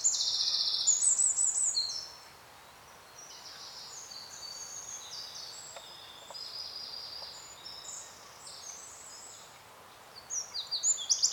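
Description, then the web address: Bird song in high, rapid trilled bursts, loud for the first two seconds, then softer phrases, with a strong trilled burst returning near the end. "Soundscape Bird"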